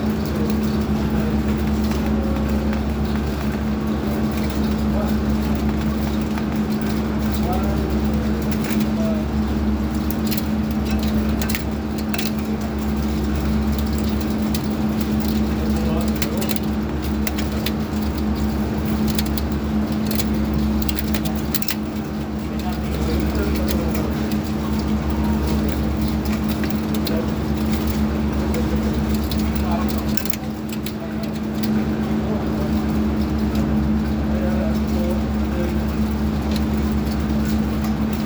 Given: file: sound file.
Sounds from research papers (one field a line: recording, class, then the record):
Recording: poultry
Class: feeding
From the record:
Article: Edge intelligence for poultry welfare: Utilizing tiny machine learning neural network processors for vocalization analysis